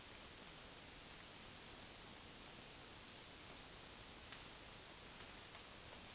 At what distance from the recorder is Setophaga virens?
about 35 m